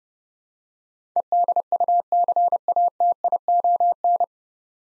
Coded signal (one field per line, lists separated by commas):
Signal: Morse code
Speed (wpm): 30 wpm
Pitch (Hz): 700 Hz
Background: none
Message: EDUCATION